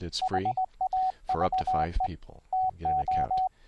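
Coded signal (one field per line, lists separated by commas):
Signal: Morse code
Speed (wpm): 20 wpm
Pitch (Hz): 750 Hz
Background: speech, radio noise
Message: HAVE TO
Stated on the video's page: Morse code from Windows software: paddles, bugs and keys via serial port keying a raised-cosine code practice oscillator; also FLdigi, softCW, MIDI-keyed oscillator.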